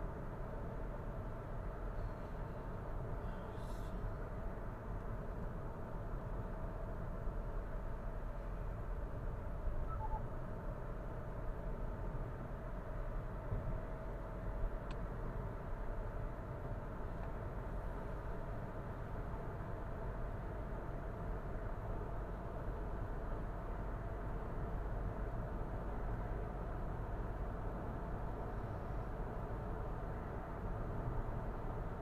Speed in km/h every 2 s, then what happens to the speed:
60, 60, 61, 60, 58, 59, 60, 62, 63, 64, 65, 67, 68, 69, 70, 72.
0-9 steady at about 60. 9-32 speeds up to 72.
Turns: none.